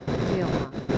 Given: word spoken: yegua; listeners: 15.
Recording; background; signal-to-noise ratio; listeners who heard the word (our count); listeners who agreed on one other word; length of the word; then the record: one Spanish word in noise, from a listening test; noise modulated by three-talker babble; -4.1 dB; 3 of 15; 6 of 15; 0.58 s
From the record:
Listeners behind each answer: 6, 3, 1, 1, 1, 1, 1, 1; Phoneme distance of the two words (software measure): 51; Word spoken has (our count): 2 syllables, 5 phonemes, stress on syllable 1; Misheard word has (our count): 3 syllables, 6 phonemes, stress on syllable 2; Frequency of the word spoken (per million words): 3.49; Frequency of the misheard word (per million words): 28.34